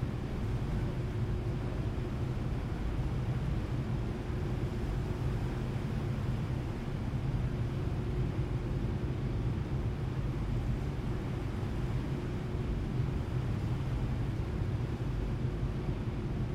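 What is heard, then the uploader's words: A steady, unbroken engine drone fills the ferry deck, deep and constant with a low hum pitched around two tones that never change. Rushing noise from machinery and water sits even throughout, with no distinct events or voices standing out. Seattle Inbound Front Passenger Deck Board And Launch Stereo. A days' worth of round-trips on the Seattle-Bainbridge Island Ferry, nearly all short fore-and-aft from then passenger and car decks.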